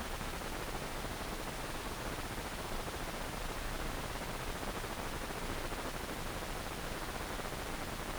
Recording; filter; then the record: brain microelectrode recording played as sound; wide band, above 20 Hz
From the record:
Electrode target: subthalamic nucleus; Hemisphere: right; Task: reaching with the left hand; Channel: 1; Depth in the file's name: 1.506 mm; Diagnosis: Parkinson's disease